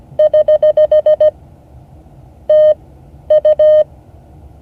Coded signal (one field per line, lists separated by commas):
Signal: Morse code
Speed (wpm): 17 wpm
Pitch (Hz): 610 Hz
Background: none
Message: <HH> TU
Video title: Morse code class 2024-08-06 (8 of 12)